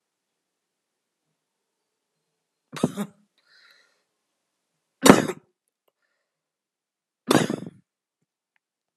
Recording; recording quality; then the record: heavy voluntary cough; excellent, no background noise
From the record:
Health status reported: healthy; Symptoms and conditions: diabetes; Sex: male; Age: 42 years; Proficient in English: yes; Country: India